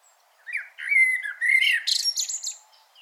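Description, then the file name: Common blackbird strophe: a low, smooth, flute-like warble that breaks into a rapid, high, squeaky twitter at the end. "Turdus merula"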